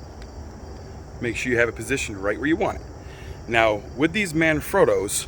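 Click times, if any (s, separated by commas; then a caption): 0.2 s. A star tracker's mounting plate is put into the notch of a Manfrotto tripod head's quick-release clamp and slid forward until it latches, giving a short, soft click at 0.2 s. After that, someone talks over a steady high-pitched background hum. The plate is seated in the tripod head.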